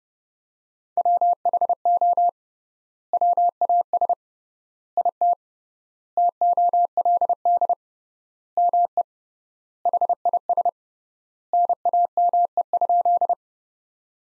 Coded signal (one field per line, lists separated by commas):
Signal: Morse code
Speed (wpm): 30 wpm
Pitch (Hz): 700 Hz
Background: none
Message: WHO WAS IT TOLD ME HIS NAME?